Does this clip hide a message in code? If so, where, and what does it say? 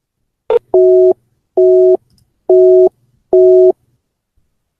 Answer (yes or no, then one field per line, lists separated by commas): no